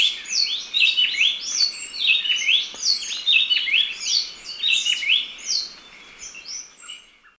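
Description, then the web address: Gray-breasted wood-wren song, loud melodious whistles tumbling in quick repeated phrases of rising and falling notes, ending with a few softer high notes. Temperate zone, Ecuador. "Birds of Ecuador Gray-breasted Wood-Wren (temperate)"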